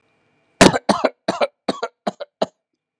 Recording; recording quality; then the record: shallow voluntary cough; excellent, no background noise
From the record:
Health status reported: healthy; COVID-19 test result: negative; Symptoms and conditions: cold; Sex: male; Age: 48 years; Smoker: not ticked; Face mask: worn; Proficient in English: yes